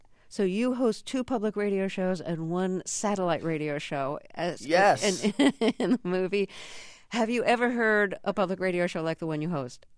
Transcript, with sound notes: So you host two public radio shows and one satellite radio show.
Yes.
(LAUGHTER)
In the movie. Have you ever heard a public radio show like the one you host?